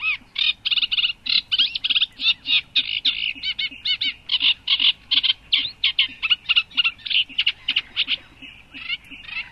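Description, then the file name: Eurasian reed warbler singing a rhythmic, scratchy chatter, short harsh phrases repeated two or three times in quick succession. "rousserole effarvate"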